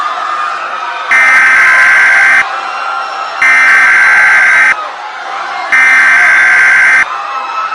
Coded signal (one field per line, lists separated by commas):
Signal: Emergency Alert System (SAME) tones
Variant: header bursts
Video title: EAS Scenario - Poseidon